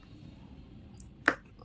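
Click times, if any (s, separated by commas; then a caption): 1.3 s. The second side of a plastic helmet phone-holder mount's strap clip is pressed into its locking stop, with a faint tick at 1.0 s before a sharp, bright click at 1.3 s. The clip locks into the stop, the same way the first side was done.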